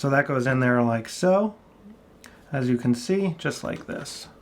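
A keyed battery is being pushed into the bottom battery compartment of a Sony FX3 mirrorless camera body, where a blue lock lever will catch it. Someone talks throughout, with a brief faint tap near 2.3 seconds. The battery has not seated or clicked into place yet.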